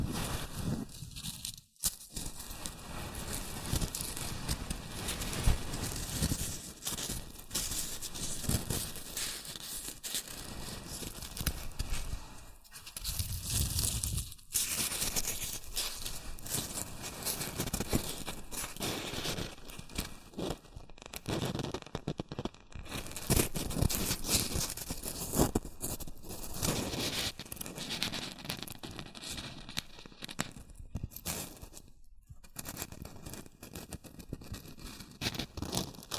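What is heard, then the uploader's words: Continuous rustling and crinkling, dense and uneven, with frequent sharp crackles, brief pauses near 2, 13, 14 and 32 seconds, and a faint steady whine. ASMR Rustling and Crinkle Sounds.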